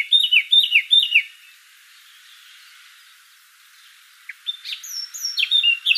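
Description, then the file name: Eurasian blackcap singing three quick repeated warbled motifs, a few seconds of near silence, then high, bright whistled phrases. "Sylvia atricapilla"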